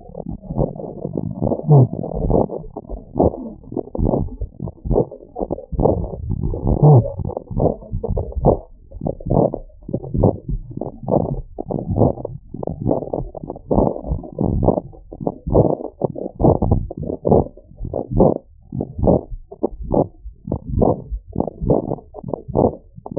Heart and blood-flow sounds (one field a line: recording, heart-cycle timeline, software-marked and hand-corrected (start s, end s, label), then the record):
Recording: heart sounds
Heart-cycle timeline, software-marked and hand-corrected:
not marked
From the record:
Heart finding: normal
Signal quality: poor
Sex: male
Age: 88 years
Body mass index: 20.3